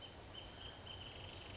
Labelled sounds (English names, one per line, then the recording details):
Western Flycatcher
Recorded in Sonoma County, California